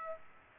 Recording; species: mosquito wingbeat signal from an infrared sensor; Aedes aegypti